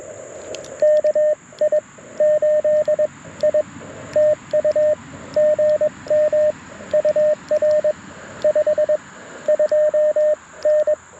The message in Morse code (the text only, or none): KI8I TU GM UR 52N